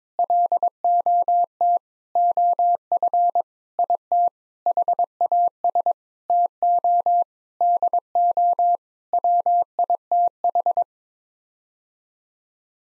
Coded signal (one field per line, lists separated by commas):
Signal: Morse code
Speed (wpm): 22 wpm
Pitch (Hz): 700 Hz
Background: none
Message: LOT OF IT HAS TO DO WITH